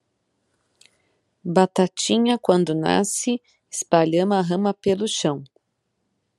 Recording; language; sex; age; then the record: short text; Brazilian Portuguese; female; 30 to 39 years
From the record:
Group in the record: control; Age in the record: 35 years